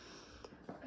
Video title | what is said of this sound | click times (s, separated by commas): How to Adjust the Top Damper on a Vermont Castings Stove | pull the handle all the way back, it locks in place, closed, which is what is supposed to happen. | 0.4 s, 0.7 s